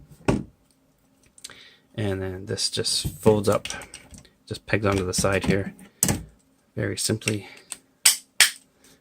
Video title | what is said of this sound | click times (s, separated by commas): #135 MechFansToys Huge Dragon (Omega Supreme) | this locks into place that's | 8.1 s, 8.4 s